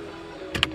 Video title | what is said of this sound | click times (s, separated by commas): Masalah Kereta Myvi Dan Alza dekat gear | Tu yang warna putih tu kau orang tolak sampai lock | 0.6 s